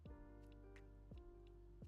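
A LEGO plastic brick element is handled while being fitted to its mating piece during a build of the Millennium Falcon (75375) set. Steady musical tones play throughout, with repeated low sweeping notes and a brief sharp tick around 0.8 s. Nothing has seated or clicked yet.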